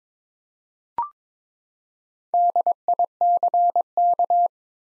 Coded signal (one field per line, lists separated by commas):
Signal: Morse code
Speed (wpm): 22 wpm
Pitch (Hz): 700 Hz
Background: none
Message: DICK